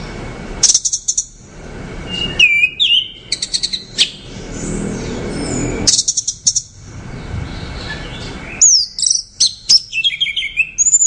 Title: Anis Merah